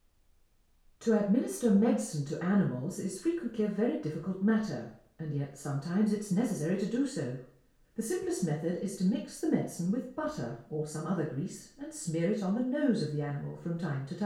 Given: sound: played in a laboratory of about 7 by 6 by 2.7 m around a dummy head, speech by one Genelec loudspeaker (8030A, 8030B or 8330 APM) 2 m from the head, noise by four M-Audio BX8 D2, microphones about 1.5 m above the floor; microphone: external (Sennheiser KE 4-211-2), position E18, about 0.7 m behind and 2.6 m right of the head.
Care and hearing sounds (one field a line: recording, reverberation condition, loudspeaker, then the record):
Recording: female speech in English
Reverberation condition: medium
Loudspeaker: 90 degrees to the right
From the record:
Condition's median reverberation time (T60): about 510 ms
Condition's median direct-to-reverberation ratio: about -0.5 dB